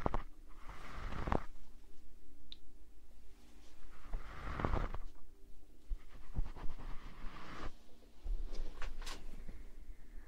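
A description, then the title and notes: Breathy ear blowing comes in soft, airy gusts, with stronger rushes at about one, four and a half, and seven and a half seconds. Between them a low, steady hum sits underneath, broken by faint clicks and a few brief, bright squeaks near the end. ASMR Ear blowing.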